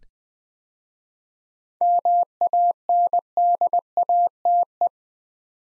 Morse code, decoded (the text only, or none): MANDATE